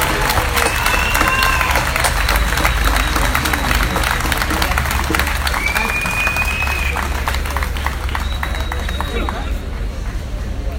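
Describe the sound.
Dense, continuous crowd applause at a Unidad Popular political event, sending off two performers, with a steady clatter of many hands, mixed with cheering and murmuring voices, holding at a loud, even level for about eleven seconds and easing slightly at the end.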